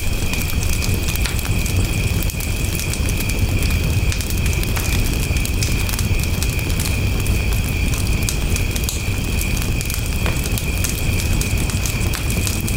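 A wood fire burns steadily, its soft crackle and hiss dense and even, with scattered sharper pops every second or so. Behind it, insects chirp in a constant, bright, high band, and a low rumble runs underneath throughout.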